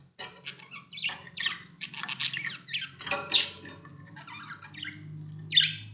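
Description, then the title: Budgerigar chatter: a continuous stream of scratchy warbles and squeaks with a louder squawk midway, over a steady low hum. "Budgie Sounds"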